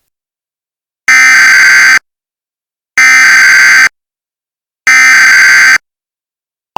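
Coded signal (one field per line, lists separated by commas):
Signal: Emergency Alert System (SAME) tones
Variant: header bursts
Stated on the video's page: Mock EAS alert for a fictional power outage advisory.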